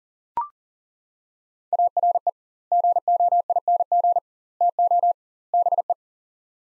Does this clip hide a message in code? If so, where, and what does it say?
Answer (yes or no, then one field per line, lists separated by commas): yes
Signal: Morse code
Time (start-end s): 1.7-5.9 s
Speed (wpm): 40 wpm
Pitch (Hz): 700 Hz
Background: none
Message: ARE GOING TO BE